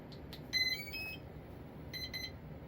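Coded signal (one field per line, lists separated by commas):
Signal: beep code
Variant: brushless ESC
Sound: three rising startup tones, a pause, then two short high beeps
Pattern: 2 short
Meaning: The ESC has entered throttle calibration mode, so lower the throttle to zero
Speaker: you're going to listen for two beeps when you hear them two beeps lower that throttle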